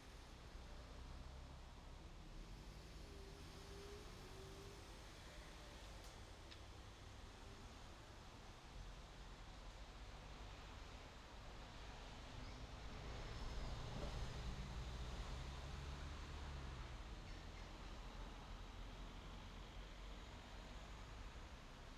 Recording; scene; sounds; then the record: everyday scene through a hearing-aid microphone; in traffic; traffic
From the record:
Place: main road on the outskirts, rush hour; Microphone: in the ear canal, left